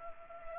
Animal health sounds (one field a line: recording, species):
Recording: mosquito wingbeat signal from an infrared sensor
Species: Culex pipiens